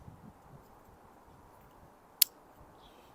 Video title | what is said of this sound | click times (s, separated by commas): How to: Silicone Wiper Blades 2006 Toyota Sienna (PIAA) | clicks in place. | 2.2 s